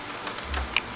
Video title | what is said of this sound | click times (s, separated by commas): T13 CISS Installation.flv | Yan, nakalock na siya, no? | 0.8 s